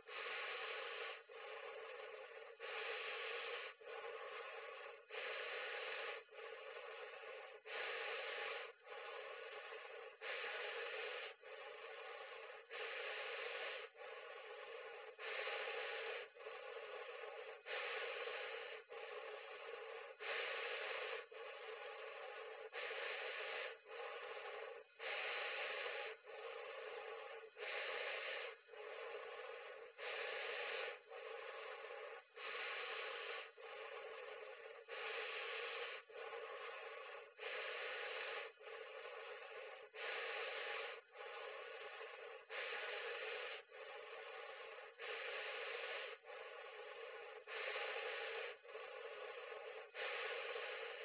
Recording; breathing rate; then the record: paced breathing near a phone; 24 breaths a minute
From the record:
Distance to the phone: 40 cm